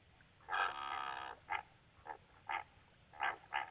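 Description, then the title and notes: Greater flamingo calls: one drawn-out nasal honk followed by five short clipped honks, with a continuous steady high tone throughout. Flock in water up to mid-leg, feeding calmly and calling occasionally; Étang de Vaccarès, Camargue, 4 September 2020, 23:10, windless night; recorded with a B&K omni microphone on a Nagra recorder. "Etang de Vaccares - Camargue. Flamant rose ( Phoenicopterus ruber )"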